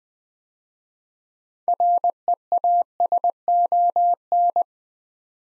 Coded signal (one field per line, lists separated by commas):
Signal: Morse code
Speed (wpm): 20 wpm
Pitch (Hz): 700 Hz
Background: none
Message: REASON